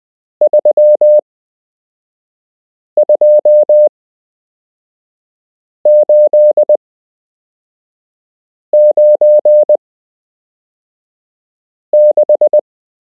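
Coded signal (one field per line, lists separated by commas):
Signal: Morse code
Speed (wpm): 20 wpm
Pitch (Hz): 600 Hz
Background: none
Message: 32896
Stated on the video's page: Beginner Morse code lesson from a structured course, part 7 of 8.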